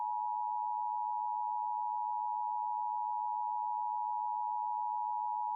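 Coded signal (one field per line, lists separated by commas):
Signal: Emergency Alert System (SAME) tones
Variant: 853 and 960 Hz attention tone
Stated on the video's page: Mock reenactment of a real Florida tornado warning, not the original broadcast.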